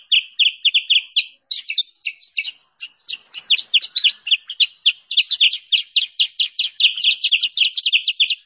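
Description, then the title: Sooty-headed bulbul giving many rapid, repeated chirps in a near-continuous run. Lure recording for trapping or training birds. "Masteran Kutilang Sutra. suara pikat burung kutilang sutra"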